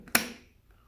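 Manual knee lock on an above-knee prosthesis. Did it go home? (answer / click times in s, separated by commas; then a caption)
yes / 0.1 s. A manual lock on an above-knee prosthesis is pushed down, and the knee locks in place so it will not bend. A faint tick comes first, then a sharp, bright click at 0.1 s as the lock engages. A quieter ringing follows and fades, with soft clicks near the end.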